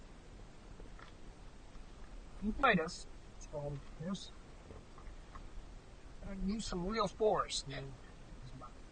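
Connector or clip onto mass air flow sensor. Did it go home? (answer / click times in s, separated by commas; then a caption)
no / none. While a mass air flow sensor is reinstalled on a Volvo 850, a connector or clip is handled and pushed with real force onto the sensor as someone talks, with faint handling ticks around 1.0 s and 5.0 s. Nothing has seated or clicked yet; the connector is not yet home when the clip ends.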